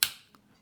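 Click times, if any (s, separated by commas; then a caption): 0.0 s. The two plastic halves of a VW car key fob are pressed together over the battery compartment after its coin cell is replaced. A sharp, bright snap at 0.0 s shows the halves clicking into place, followed by a faint tick at 0.3 s. The fob shell is seated.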